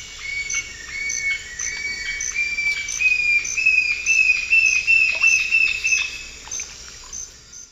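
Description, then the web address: White-chinned jacamar giving a long run of thin, high whistled notes, rising gradually in pitch at first, with a steady high insect buzz behind. Eastern lowlands of South America; calls and song. "Natures Songs S America Eastern Lowlands. Galbula tombacea, calls and song"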